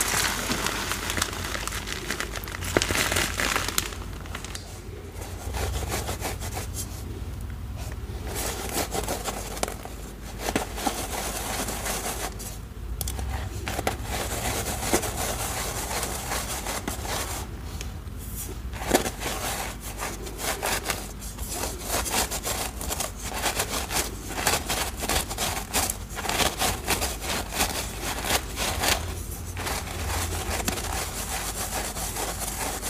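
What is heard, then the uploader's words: Dyed chalk and cornstarch crunching and rubbing, dense gritty scraping with brief pauses and a steady low hum underneath throughout. Dyed Chalk Cubes. Cornstarch Crunchies.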